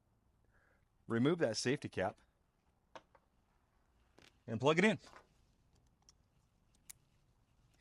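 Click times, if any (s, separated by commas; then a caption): 6.9 s. Someone talks while removing a safety cap and plugging an extension (bus) cord connector into a microinverter's output port, with a few faint handling ticks in between. A sharp click at 6.9 s confirms the connector has seated and locked in place.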